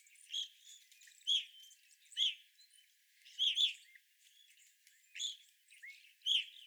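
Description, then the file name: Evening grosbeak calls, clear piercing chirps, some doubled, spaced about a second apart, with faint background twitters. Several evening grosbeaks, recorded 25 April 2021. "2021-04-25 Evening Grosbeaks"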